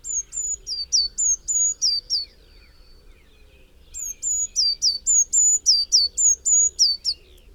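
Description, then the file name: Eurasian Blue Tit calling in two fast runs of thin, high notes that drop sharply at the end. A short quiet gap separates the runs. "Cyanistes caeruleus"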